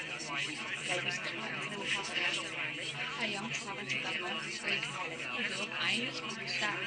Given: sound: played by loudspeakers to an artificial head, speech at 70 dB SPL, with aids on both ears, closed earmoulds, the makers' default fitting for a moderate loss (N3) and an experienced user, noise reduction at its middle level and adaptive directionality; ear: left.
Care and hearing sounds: speech test signal (ISTS) in cocktail-party noise; -3 dB; on the right (90 degrees)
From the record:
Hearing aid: class 2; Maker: G

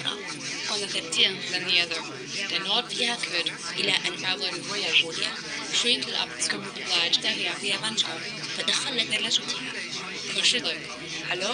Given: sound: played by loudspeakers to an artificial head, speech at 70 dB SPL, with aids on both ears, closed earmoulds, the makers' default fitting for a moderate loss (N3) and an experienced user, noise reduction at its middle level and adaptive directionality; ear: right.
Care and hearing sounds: speech test signal (ISTS) in cocktail-party noise; -3 dB; in front (0 degrees)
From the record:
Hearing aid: class 2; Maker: A

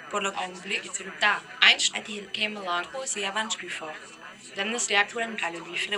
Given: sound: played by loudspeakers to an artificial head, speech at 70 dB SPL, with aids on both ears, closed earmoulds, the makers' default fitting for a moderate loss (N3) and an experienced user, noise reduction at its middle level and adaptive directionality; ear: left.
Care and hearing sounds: speech test signal (ISTS) in cocktail-party noise; +6 dB; in front (0 degrees)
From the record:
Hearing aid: class 2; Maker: E

